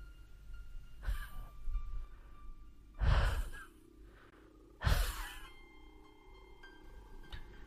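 Labored, wheezing asthmatic breathing: three heavy, rasping breaths about two seconds apart, each with a thin whistling tone that lingers between gasps. No one speaks.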